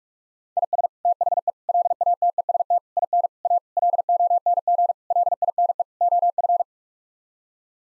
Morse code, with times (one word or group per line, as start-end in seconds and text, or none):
0.6-0.9 IS
1.1-1.5 THE
1.7-2.8 LATEST
3.0-3.3 IN
3.5-3.6 A
3.8-4.9 LONG
5.1-5.8 LINE
6.0-6.6 OF